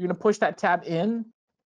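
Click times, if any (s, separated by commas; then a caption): none. Someone talks over a brief moment of handling as a Kraft blade holder is fully inserted into blade carriage 2 of a Silhouette Cameo cutting machine, with its plastic locking tab about to be pushed in. Nothing has seated or clicked yet.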